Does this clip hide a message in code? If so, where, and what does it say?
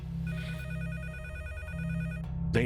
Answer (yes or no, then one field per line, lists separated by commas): no